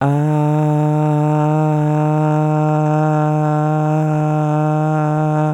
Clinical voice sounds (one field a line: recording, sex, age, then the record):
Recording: sustained vowel /a/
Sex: male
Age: 18 to 19 years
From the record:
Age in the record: 19 years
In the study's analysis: included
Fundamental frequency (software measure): 152 Hz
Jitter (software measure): 0.37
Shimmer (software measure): 0.89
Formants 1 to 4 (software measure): 763 Hz, 1385 Hz, 2620 Hz, 3824 Hz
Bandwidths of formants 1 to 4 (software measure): 137 Hz, 255 Hz, 202 Hz, 372 Hz